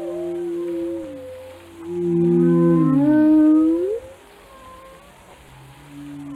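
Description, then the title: Whale moans, low sustained tones, then a louder swelling call with rising harmonics, followed by quieter drawn-out notes. "Whale Watching: A Close Encounter with the Giants of the Sea"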